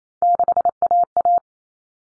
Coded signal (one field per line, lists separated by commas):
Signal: Morse code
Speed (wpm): 28 wpm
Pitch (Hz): 700 Hz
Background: none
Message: 6AA